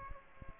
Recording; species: mosquito wingbeat signal from an infrared sensor; Aedes aegypti